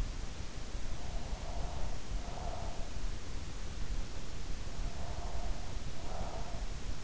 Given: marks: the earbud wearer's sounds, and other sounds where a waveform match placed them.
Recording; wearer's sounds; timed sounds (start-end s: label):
sounds in sleep by an in-ear microphone; breath
0.72-3.21 s: breath
4.64-7.03 s: breath